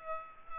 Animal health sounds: mosquito wingbeat signal from an infrared sensor; Culex pipiens

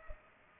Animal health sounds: mosquito wingbeat signal from an infrared sensor; Culex pipiens

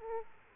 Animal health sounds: mosquito wingbeat signal from an infrared sensor; Aedes aegypti

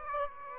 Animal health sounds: mosquito wingbeat signal from an infrared sensor; Aedes aegypti

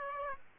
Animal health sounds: mosquito wingbeat signal from an infrared sensor; Aedes aegypti

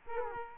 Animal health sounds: mosquito wingbeat signal from an infrared sensor; Culex quinquefasciatus

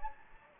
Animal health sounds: mosquito wingbeat signal from an infrared sensor; Anopheles gambiae

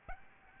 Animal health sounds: mosquito wingbeat signal from an infrared sensor; Aedes albopictus

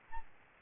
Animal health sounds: mosquito wingbeat signal from an infrared sensor; Aedes albopictus

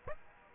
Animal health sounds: mosquito wingbeat signal from an infrared sensor; Aedes aegypti

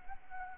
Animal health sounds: mosquito wingbeat signal from an infrared sensor; Anopheles arabiensis

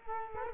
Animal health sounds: mosquito wingbeat signal from an infrared sensor; Culex quinquefasciatus

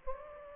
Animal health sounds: mosquito wingbeat signal from an infrared sensor; Aedes aegypti

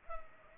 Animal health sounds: mosquito wingbeat signal from an infrared sensor; Culex pipiens

